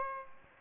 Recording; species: mosquito wingbeat signal from an infrared sensor; Aedes aegypti